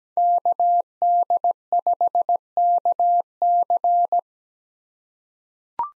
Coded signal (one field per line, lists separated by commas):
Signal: Morse code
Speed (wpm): 17 wpm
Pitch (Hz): 700 Hz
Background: none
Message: KD5KC